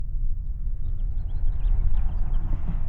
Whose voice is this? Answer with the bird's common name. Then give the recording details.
House Finch. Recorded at Oak Beach on Long Island, New York, on 21 May 1975. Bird B